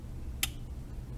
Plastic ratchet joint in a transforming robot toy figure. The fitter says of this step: when it goes there mine doesn't click too loud but it does give me a slightly